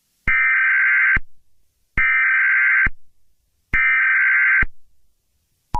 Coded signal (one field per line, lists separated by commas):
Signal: Emergency Alert System (SAME) tones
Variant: header bursts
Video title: The Entity (EAS SCENARIO)